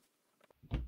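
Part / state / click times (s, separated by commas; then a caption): brake pad into caliper bracket clip / not seated / none. The second brake pad is handled against its clip on the caliper bracket during a Scarebird front disc brake conversion on a 1937 Plymouth Coupe. A few faint taps around 0.4–0.5 s are followed by a louder burst of handling noise peaking near 0.7 s. The pad has not seated or clicked into place yet.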